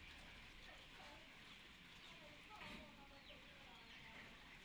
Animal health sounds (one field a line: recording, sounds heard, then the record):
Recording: poultry house recording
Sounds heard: healthy chickens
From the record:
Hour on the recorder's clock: 10